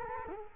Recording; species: mosquito wingbeat signal from an infrared sensor; Culex quinquefasciatus